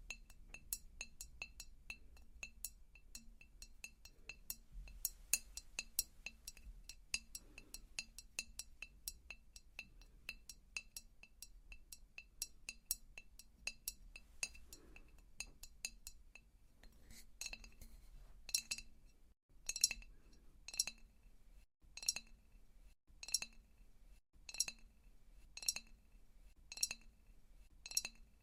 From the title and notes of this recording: ASMR Your Face is Plastic, Mine is Glass - Face Touching & Tapping Triggers.